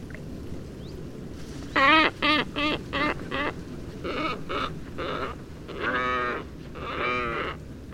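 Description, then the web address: Glossy ibis giving a run of short nasal grunts, then longer, rougher croaking notes, over steady low background rumble. "glossy ibis. صدای اکراس سیاه"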